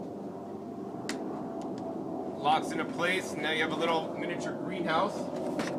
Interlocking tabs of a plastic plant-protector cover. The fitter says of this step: there’s two little things that basically cross over each other like this, locks into place and now you